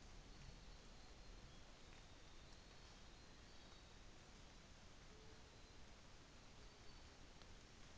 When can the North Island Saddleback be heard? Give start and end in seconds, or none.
none